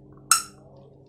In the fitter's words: that click meant that the monitor this base is on and it's not going anywhere